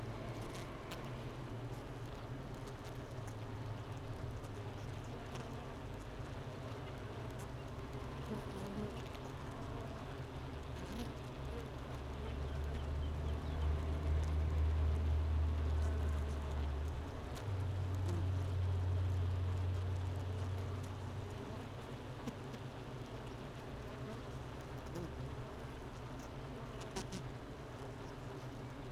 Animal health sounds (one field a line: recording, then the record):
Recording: honeybee colony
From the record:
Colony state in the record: missing queen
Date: 31 May 2018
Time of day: 9:30